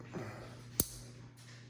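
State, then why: Seated. The remaining side of a steel wrist pin circlip is pressed into the groove of a piston pin bore during a Banshee top end rebuild. It snaps home with a single loud, sharp click at 0.8 s, and the circlip is seated. No one talks.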